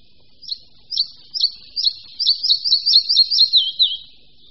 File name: Lejsek-malý